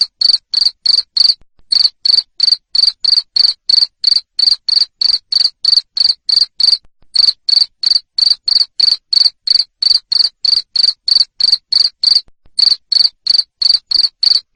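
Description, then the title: Cricket chirping in a fast, regular train of bright pulses, around three each second, with a few brief breaks. Loud cricket chirping (jangkrik ngerik) played to stimulate lovebirds to sing continuously (ngekek). "Suara JANGKRIK NGERIK Keras Bikin LOVEBIRD Jadi NGEKEK Terus Vubey"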